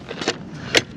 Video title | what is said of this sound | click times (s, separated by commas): This New Super Low Maintenance 31mph Escooter is Surprisingly Fun! | make sure that pops okay you gotta hear that pop or else it can collapse on you | 0.8 s